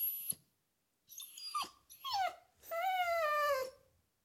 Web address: the sound pack tree. dog whimper